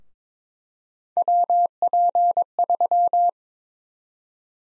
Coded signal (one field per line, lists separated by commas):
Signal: Morse code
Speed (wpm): 22 wpm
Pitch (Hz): 700 Hz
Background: none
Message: WP3